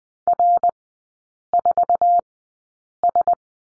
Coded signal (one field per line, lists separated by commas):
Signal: Morse code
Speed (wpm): 20 wpm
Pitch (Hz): 700 Hz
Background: none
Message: R4S